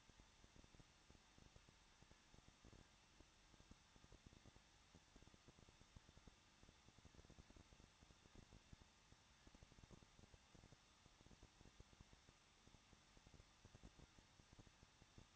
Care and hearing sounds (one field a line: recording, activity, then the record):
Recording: daily activity, microphone in the room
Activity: no activity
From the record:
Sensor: 3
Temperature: 21.2 degrees Celsius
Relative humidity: 36.2%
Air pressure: 1006.5 hPa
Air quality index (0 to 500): 220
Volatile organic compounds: 39 ppm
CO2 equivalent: 3125 ppm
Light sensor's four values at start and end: 2/3/2/2 and 2/3/2/2